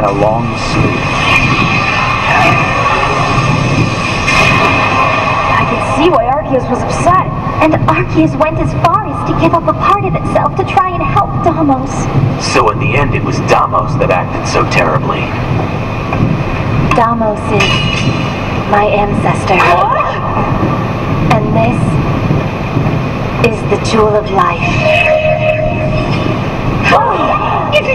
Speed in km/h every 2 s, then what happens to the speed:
114, 114, 114, 113, 113, 113, 112, 111, 111, 111, 112, 112, 112, 112.
0-28 steady at about 112.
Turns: none.